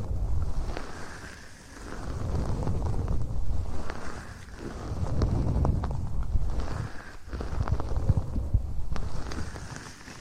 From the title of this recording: eating sugar, aloe vera gel ear massage